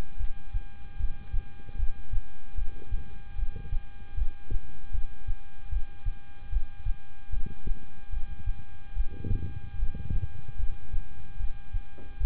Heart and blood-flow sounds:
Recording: heart sounds by stethoscope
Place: between the tricuspid and mitral areas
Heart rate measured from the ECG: 75 bpm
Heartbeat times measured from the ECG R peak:
0.17 s: heartbeat
0.97 s: heartbeat
1.76 s: heartbeat
2.55 s: heartbeat
3.36 s: heartbeat
4.15 s: heartbeat
4.92 s: heartbeat
5.70 s: heartbeat
6.50 s: heartbeat
7.30 s: heartbeat
8.10 s: heartbeat
8.94 s: heartbeat
9.76 s: heartbeat
10.57 s: heartbeat
11.37 s: heartbeat
12.18 s: heartbeat
From the record:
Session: rest, lying down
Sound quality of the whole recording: good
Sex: male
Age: 26 years

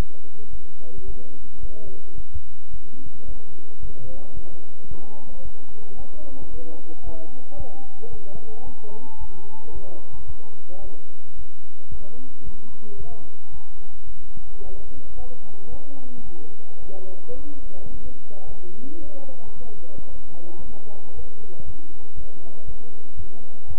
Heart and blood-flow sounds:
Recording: heart sounds by stethoscope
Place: between the tricuspid and mitral areas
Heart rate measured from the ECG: 111 bpm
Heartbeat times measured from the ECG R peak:
0.51 s: heartbeat
1.05 s: heartbeat
1.60 s: heartbeat
2.15 s: heartbeat
2.71 s: heartbeat
3.26 s: heartbeat
3.80 s: heartbeat
4.34 s: heartbeat
4.88 s: heartbeat
5.43 s: heartbeat
5.97 s: heartbeat
6.51 s: heartbeat
7.04 s: heartbeat
7.57 s: heartbeat
8.10 s: heartbeat
8.64 s: heartbeat
9.19 s: heartbeat
9.73 s: heartbeat
10.27 s: heartbeat
10.82 s: heartbeat
11.36 s: heartbeat
11.90 s: heartbeat
12.44 s: heartbeat
12.97 s: heartbeat
13.52 s: heartbeat
14.06 s: heartbeat
14.61 s: heartbeat
15.15 s: heartbeat
15.70 s: heartbeat
16.24 s: heartbeat
16.80 s: heartbeat
17.36 s: heartbeat
17.91 s: heartbeat
18.46 s: heartbeat
19.01 s: heartbeat
19.56 s: heartbeat
20.10 s: heartbeat
20.62 s: heartbeat
21.14 s: heartbeat
21.65 s: heartbeat
22.15 s: heartbeat
22.65 s: heartbeat
23.16 s: heartbeat
23.67 s: heartbeat
From the record:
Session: bicycle stress test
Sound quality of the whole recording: good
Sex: male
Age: 23 years

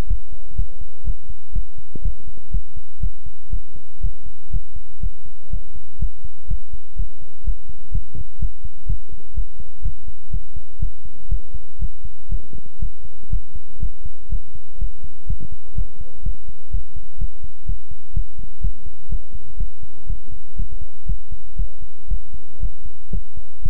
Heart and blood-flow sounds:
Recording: heart sounds by stethoscope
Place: between the tricuspid and mitral areas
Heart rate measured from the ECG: 122 bpm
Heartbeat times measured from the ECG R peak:
0.07 s: heartbeat
0.55 s: heartbeat
1.04 s: heartbeat
1.52 s: heartbeat
2.02 s: heartbeat
2.51 s: heartbeat
3.00 s: heartbeat
3.50 s: heartbeat
4.00 s: heartbeat
4.50 s: heartbeat
5.00 s: heartbeat
5.50 s: heartbeat
5.99 s: heartbeat
6.48 s: heartbeat
6.96 s: heartbeat
7.44 s: heartbeat
7.91 s: heartbeat
8.39 s: heartbeat
8.86 s: heartbeat
9.34 s: heartbeat
9.82 s: heartbeat
10.30 s: heartbeat
10.79 s: heartbeat
11.29 s: heartbeat
11.79 s: heartbeat
12.29 s: heartbeat
12.79 s: heartbeat
13.30 s: heartbeat
13.79 s: heartbeat
14.29 s: heartbeat
14.78 s: heartbeat
15.27 s: heartbeat
15.75 s: heartbeat
16.23 s: heartbeat
16.71 s: heartbeat
17.18 s: heartbeat
17.66 s: heartbeat
18.13 s: heartbeat
18.61 s: heartbeat
19.09 s: heartbeat
19.57 s: heartbeat
20.06 s: heartbeat
20.56 s: heartbeat
21.06 s: heartbeat
21.56 s: heartbeat
22.08 s: heartbeat
22.59 s: heartbeat
23.11 s: heartbeat
23.62 s: heartbeat
From the record:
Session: pedaling a stationary bicycle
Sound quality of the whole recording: good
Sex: male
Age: 24 years

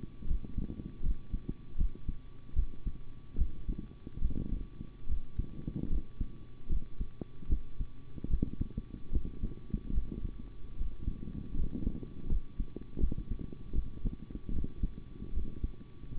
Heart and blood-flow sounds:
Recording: heart sounds by stethoscope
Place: between the tricuspid and mitral areas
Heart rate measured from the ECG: 76 bpm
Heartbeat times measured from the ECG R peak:
0.26 s: heartbeat
1.02 s: heartbeat
1.76 s: heartbeat
2.54 s: heartbeat
3.37 s: heartbeat
4.20 s: heartbeat
5.07 s: heartbeat
5.89 s: heartbeat
6.68 s: heartbeat
7.48 s: heartbeat
8.29 s: heartbeat
9.11 s: heartbeat
9.93 s: heartbeat
10.76 s: heartbeat
11.55 s: heartbeat
12.28 s: heartbeat
12.99 s: heartbeat
13.73 s: heartbeat
14.52 s: heartbeat
15.32 s: heartbeat
16.14 s: heartbeat
From the record:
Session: rest, sitting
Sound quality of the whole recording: good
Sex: male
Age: 25 years

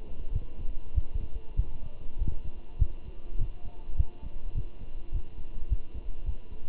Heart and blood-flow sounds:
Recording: heart sounds by stethoscope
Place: between the tricuspid and mitral areas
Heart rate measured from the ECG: 101 bpm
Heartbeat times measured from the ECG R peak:
0.33 s: heartbeat
0.95 s: heartbeat
1.57 s: heartbeat
2.19 s: heartbeat
2.79 s: heartbeat
3.39 s: heartbeat
3.98 s: heartbeat
4.55 s: heartbeat
5.13 s: heartbeat
5.70 s: heartbeat
6.27 s: heartbeat
From the record:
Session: walking at 3.7 km/h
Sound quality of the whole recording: good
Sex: male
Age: 23 years

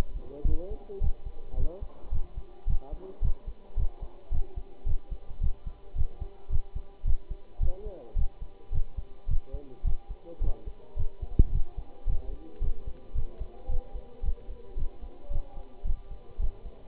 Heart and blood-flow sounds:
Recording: heart sounds by stethoscope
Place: between the tricuspid and mitral areas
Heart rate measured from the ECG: 109 bpm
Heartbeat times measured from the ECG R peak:
0.46 s: heartbeat
1.02 s: heartbeat
1.58 s: heartbeat
2.13 s: heartbeat
2.68 s: heartbeat
3.23 s: heartbeat
3.78 s: heartbeat
4.32 s: heartbeat
4.87 s: heartbeat
5.42 s: heartbeat
5.96 s: heartbeat
6.51 s: heartbeat
7.06 s: heartbeat
7.61 s: heartbeat
8.17 s: heartbeat
8.73 s: heartbeat
9.29 s: heartbeat
9.85 s: heartbeat
10.42 s: heartbeat
10.97 s: heartbeat
11.53 s: heartbeat
12.08 s: heartbeat
12.62 s: heartbeat
13.16 s: heartbeat
13.70 s: heartbeat
14.24 s: heartbeat
14.77 s: heartbeat
15.31 s: heartbeat
15.85 s: heartbeat
16.40 s: heartbeat
From the record:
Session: Bruce protocol treadmill stress test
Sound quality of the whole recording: good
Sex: male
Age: 25 years

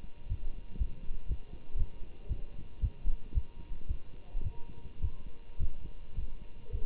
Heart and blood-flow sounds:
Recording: heart sounds by stethoscope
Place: between the tricuspid and mitral areas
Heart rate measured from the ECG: 112 bpm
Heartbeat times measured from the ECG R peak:
0.28 s: heartbeat
0.78 s: heartbeat
1.28 s: heartbeat
1.78 s: heartbeat
2.28 s: heartbeat
2.81 s: heartbeat
3.34 s: heartbeat
3.88 s: heartbeat
4.43 s: heartbeat
5.01 s: heartbeat
5.59 s: heartbeat
6.15 s: heartbeat
6.72 s: heartbeat
From the record:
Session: Bruce protocol treadmill stress test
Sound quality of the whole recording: good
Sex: male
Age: 24 years

